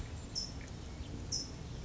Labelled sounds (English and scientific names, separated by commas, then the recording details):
California Towhee (Melozone crissalis)
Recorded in Sonoma County, California